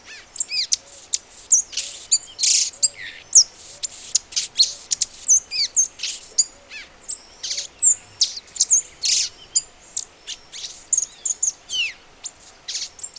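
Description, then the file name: Violaceous euphonia song: a fast, continuous run of very high chips, buzzy notes and sharp slurred whistles, varied and unbroken throughout. "gaturamoverdadeiro"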